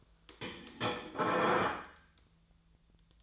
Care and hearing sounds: daily activity, microphone in the room; place plate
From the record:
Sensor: 3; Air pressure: 1009.4 hPa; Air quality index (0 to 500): 197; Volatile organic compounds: 16 ppm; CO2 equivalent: 2561 ppm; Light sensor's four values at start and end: 32/80/34/36 and 32/79/34/36

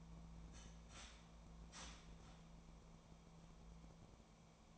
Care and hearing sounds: daily activity, microphone in the room; start toaster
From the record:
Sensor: 1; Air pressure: 1000.3 hPa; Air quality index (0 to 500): 155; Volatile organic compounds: 3 ppm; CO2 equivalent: 1452 ppm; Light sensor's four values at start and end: 30/76/32/38 and 30/76/32/38

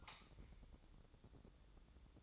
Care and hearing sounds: daily activity, microphone in the room; light off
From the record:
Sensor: 3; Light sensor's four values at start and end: 15/38/16/15 and 10/22/9/9

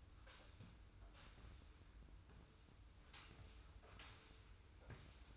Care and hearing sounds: daily activity, microphone in the room; sweep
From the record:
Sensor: 2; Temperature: 25.1 degrees Celsius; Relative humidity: 45.4%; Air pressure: 990.3 hPa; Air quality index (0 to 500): 210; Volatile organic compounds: 1000 ppm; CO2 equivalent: 6742 ppm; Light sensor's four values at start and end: 32/75/30/30 and 31/74/30/30

